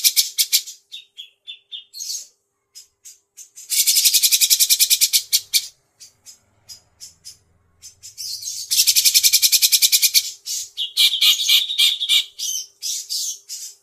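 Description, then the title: Grey-cheeked bulbul giving two long, fast, even rattles of harsh notes separated by scattered short calls, with a faint low hum underneath. Masteran training song, long duration. "Cucak Jenggot Masteran Durasi Panjang"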